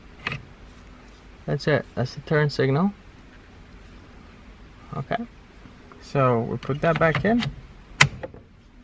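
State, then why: Seated. A turn signal switch on a 2014-2018 Mazda 3 is pushed back into the steering column combination switch housing while someone talks. At 8.0 s its plastic latch snaps home with a sharp click, followed by a couple of faint ticks, and the switch is seated.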